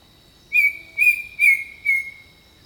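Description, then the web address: Bird song: four bright whistled notes at an even pace, each level in pitch, the last fading downward, over a continuous thin whine. Jungle birdsong. "The Natural Sounds of the Wilderness 10 CDs collection Echoes of Nature - Jungle Talk 01 Jungle Birdsong"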